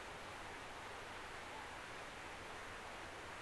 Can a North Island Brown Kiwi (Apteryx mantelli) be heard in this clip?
no